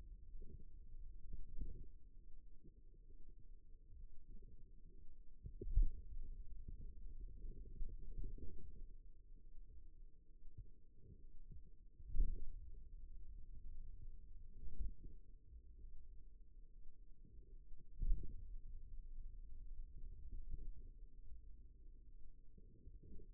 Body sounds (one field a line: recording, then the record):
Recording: forearm muscle sounds (acoustic myography)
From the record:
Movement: pen grasping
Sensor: system 2, bracelet of six BSWA MPA416 microphones around the upper forearm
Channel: 3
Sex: male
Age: 22 years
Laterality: right